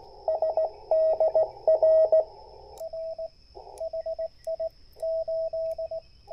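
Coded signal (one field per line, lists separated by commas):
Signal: Morse code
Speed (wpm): 17 wpm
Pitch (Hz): 640 Hz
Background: radio noise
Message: SDR R HI 8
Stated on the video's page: Parks on the Air CW activation, using a portable vertical antenna for 40m to 6m with a tuner.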